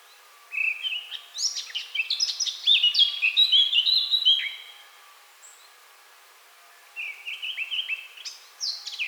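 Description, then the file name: Eurasian blackcap song in two bursts: a long rich whistled warble, a pause of about two and a half seconds, then another scratchy, fluting phrase. "Sylvia atricapilla"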